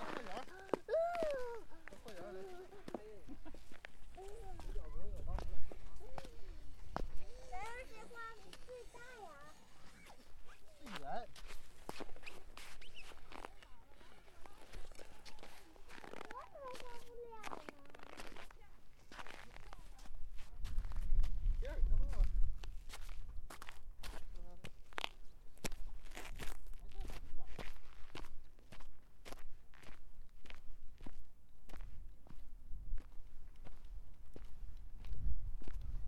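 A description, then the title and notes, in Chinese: Hard-soled shoes tread on snow, each step a short crunch, slow and uneven in the first half, then quicker and steadier after about 20 seconds. Faint voices murmur early on, and low rumbling swells come around 5 and 21 seconds. 雪的声音。在某个暴雪的夜晚，路上车辆不多行人稀疏，我在街上走着，硬底的鞋踩在雪上发出各种声音。台阶、冰面、大理石、柏油路、水泥路以及木栈道作为承载；硬底鞋作为敲打；厚雪、薄雪、被行人脚底压实的雪、被铲雪机滚成条状的雪作为连接。哈尔滨。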